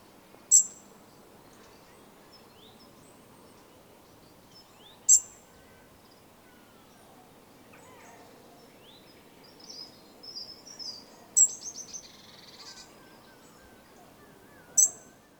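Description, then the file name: European robin giving sharp, very high thin calls every few seconds, with faint soft twittering between them over a low steady background hiss. "Erithacus rubecula"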